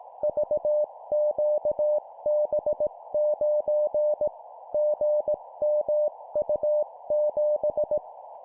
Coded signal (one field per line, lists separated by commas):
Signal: Morse code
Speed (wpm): 18 wpm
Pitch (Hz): 600 Hz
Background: none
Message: VQB9 GMU7